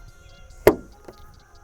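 A LASFIT LED tail light housing has its dowels lined up with the rubber grommets in the body and is pushed in by hand. A sharp, loud snap at 0.7 s marks the housing seating into the grommets, followed by a much fainter knock at about 1.1 s. The tail light is seated.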